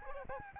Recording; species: mosquito wingbeat signal from an infrared sensor; Aedes albopictus